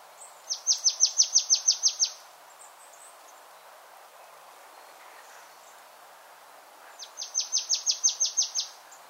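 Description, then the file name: Marsh Tit with two fast bursts of about ten clipped, descending high notes each, the bursts separated by roughly five seconds of quiet hiss. "Poecile palustris"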